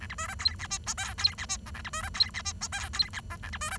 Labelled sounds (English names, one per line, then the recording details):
Bengalese Finch song
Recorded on 23 June 2012 at 07:54
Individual gr41rd51